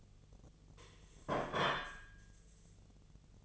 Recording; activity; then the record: daily activity, microphone in the room; place plate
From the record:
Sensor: 4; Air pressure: 1010.1 hPa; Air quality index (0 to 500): 181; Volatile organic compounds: 5 ppm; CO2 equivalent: 1836 ppm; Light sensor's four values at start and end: 31/93/36/36 and 31/93/36/36